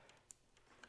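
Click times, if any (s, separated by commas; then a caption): 0.3 s. On a Harley-Davidson CVO Street Glide, the wiring connector on the other side of a new Ciro Goat-E light is pressed onto its mount on the motorcycle fairing. A sharp click at 0.3 s marks it seating, followed by fainter ticks near 0.6 s and 0.8 s.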